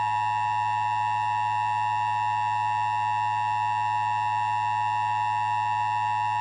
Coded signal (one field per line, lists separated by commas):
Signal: Emergency Alert System (SAME) tones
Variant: 853 and 960 Hz attention tone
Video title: 10 Years on YouTube Top 10 SCARY EAS National Tests WITH COMMENTARY